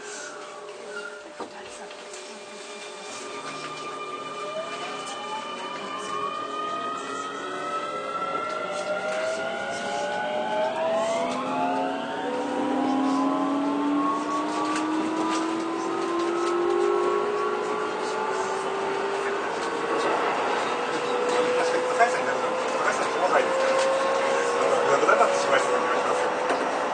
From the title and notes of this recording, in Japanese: 京王9000系 高尾山口〜つつじヶ丘。快速つつじヶ丘行を録音。